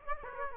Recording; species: mosquito wingbeat signal from an infrared sensor; Aedes aegypti